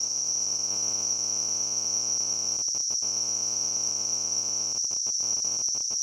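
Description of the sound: Simulated tinnitus sound: a steady, high-pitched ringing tone near 6 kHz with a faint buzzy hum beneath, sustained throughout with brief momentary dropouts.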